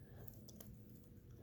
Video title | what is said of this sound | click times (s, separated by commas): How To Rekey A Smart Key (Smartkey) Lock Kwikset Smartcode Electric Lock 909 | I didn't hear a click we'll see if that goes and | none